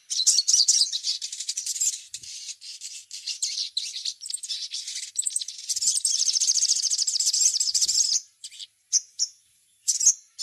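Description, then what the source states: Little spiderhunter singing a dense, high, rattling chatter almost without pause. Near the end it breaks into a few separate sharp notes. Training song, described as labaik.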